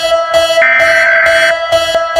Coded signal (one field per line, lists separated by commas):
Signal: Emergency Alert System (SAME) tones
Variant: header bursts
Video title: San Marino Betrays Us - A Vatican EAS Scenario